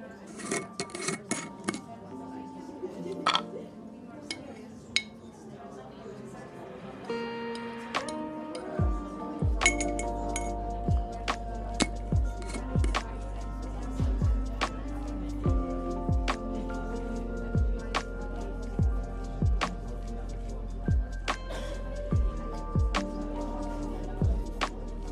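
Coffee shop ambience with murmured conversation and frequent clinks of cups and cutlery throughout. Around nine seconds a deep, steady low hum comes in and stays, with sharp clicks and clatters landing every second or so over the chatter.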